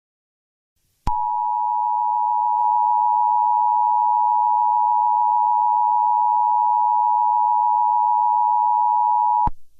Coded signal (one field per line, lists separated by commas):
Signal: Emergency Alert System (SAME) tones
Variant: 853 and 960 Hz attention tone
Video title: EAS Scenario: New Silesia (Poland, NATO and UN)